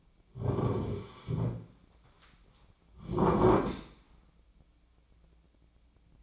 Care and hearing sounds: daily activity, microphone in the room; sit down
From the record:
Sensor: 1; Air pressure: 1009.3 hPa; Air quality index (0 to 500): 176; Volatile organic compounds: 3 ppm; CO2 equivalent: 1490 ppm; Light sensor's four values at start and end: 42/110/46/55 and 44/117/49/58

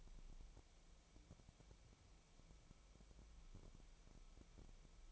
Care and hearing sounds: daily activity, microphone in the room; wipe stove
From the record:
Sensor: 1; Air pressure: 1001.6 hPa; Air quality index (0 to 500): 218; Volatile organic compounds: 28 ppm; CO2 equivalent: 2910 ppm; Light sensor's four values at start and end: 8/29/10/11 and 7/29/10/11

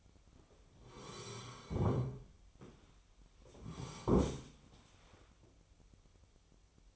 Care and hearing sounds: daily activity, microphone in the room; sit down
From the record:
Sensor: 1

